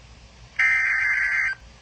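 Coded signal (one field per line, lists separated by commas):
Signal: Emergency Alert System (SAME) tones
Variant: header bursts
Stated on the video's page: Real tornado warning alerts, two in a row.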